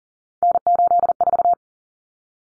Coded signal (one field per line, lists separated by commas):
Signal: Morse code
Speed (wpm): 40 wpm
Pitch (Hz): 700 Hz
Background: none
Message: N84